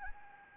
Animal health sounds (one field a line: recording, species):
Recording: mosquito wingbeat signal from an infrared sensor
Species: Anopheles gambiae